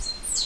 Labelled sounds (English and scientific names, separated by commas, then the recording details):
Stitchbird (Notiomystis cincta) song
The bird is a male
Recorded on Tiritiri Matangi Island, New Zealand, in 2005
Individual 10, of nest box 12